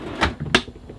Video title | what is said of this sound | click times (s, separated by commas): OUR CUSTOM VAN MATTRESS (the end of our van build) | yeah you hear that click | 0.6 s